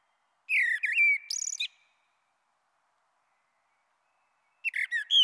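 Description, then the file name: Common blackbird singing a fluting, mellow phrase that slides and wavers, finishing in a thin, scratchy twitter, then a long silence before the next phrase begins. "Merle Noir"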